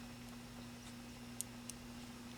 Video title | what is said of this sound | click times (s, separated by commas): Galaxy S4 Rear Camera Replacement How To Change | you'll want to put your SIM card back in make sure it clicks in | 1.4 s